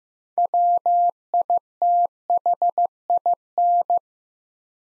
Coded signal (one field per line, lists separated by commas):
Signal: Morse code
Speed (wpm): 15 wpm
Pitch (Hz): 700 Hz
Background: none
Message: WITHIN